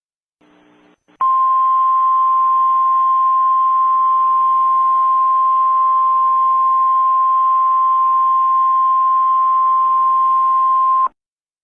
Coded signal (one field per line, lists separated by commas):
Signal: Emergency Alert System (SAME) tones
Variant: 1050 Hz attention tone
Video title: EAS Scenario: Civil Emergency Warning